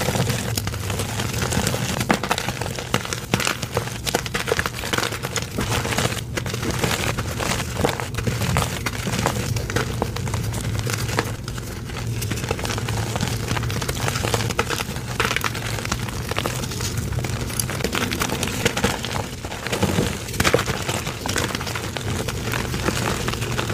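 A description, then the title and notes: Gym chalk being handled, with a dense, continuous run of crinkly, crackling rustles and soft crunches lasting the full length. Sharp little ticks pop out all through it, and a low steady hum sits underneath. The loudness stays fairly even, with brief swells around twenty seconds. Rainbow gym chalk compilation.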